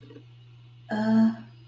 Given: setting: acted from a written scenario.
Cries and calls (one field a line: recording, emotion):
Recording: vocal sound without words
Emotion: embarrassment